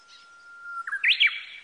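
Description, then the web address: Japanese bush warbler song: a long, steady, faintly rising whistle that breaks into a quick, loud, twisting flourish of higher notes. Recorded on 18 April 1998. "1998 980418 uguisu"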